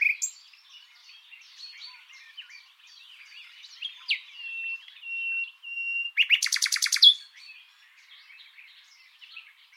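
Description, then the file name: Common nightingale song: scattered chirps and steady whistled notes, then a loud, fast rattling burst of clicks, with softer chatter around it. "Luscinia megarhynchos"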